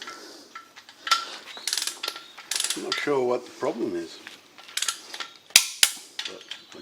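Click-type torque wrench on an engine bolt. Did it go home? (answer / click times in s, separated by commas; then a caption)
yes / 5.6 s, 5.8 s, 6.2 s. A click-type torque wrench tightens a bolt in a 351 Cleveland V8 engine during a rebuild, with ratcheting bursts and someone talking. The wrench clicks at its set torque three times, at 5.6, 5.8 and 6.2 seconds.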